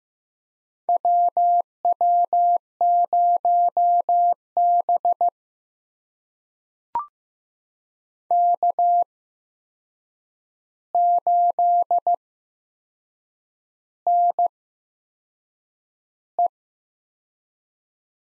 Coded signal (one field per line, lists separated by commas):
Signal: Morse code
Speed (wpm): 15 wpm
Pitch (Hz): 700 Hz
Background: none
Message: WW0B K8NE